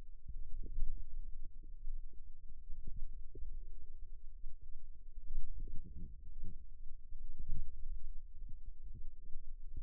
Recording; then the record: forearm muscle sounds (acoustic myography)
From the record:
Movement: ulnar deviation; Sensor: system 2, bracelet of six BSWA MPA416 microphones around the upper forearm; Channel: 5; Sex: female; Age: 22 years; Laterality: right